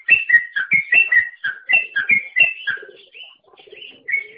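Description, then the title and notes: Bird song of quick alternating whistled notes for nearly three seconds, a softer stretch of scattered notes, then another whistle. "Bird Sound. Kicau Burung Lengkap"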